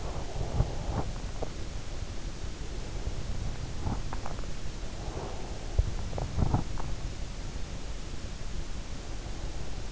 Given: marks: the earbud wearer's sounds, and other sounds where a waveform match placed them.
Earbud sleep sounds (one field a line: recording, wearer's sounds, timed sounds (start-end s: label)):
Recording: sounds in sleep by an in-ear microphone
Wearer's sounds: breath, body movement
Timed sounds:
0.00-1.33 s: breath
3.78-7.11 s: body movement